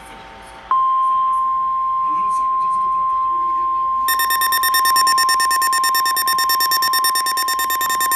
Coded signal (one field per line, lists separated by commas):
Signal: Emergency Alert System (SAME) tones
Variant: 1050 Hz attention tone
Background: speech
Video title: Required weekly test (REAL EAS#11)